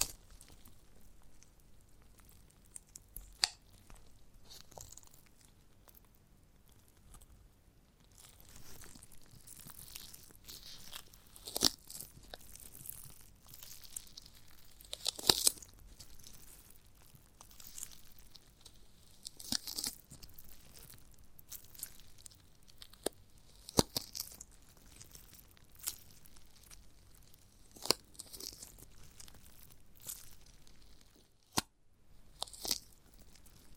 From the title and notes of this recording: ASMR of a Giant Gummy Bear (No Talking).